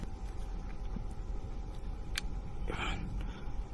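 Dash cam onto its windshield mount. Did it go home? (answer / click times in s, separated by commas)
no / none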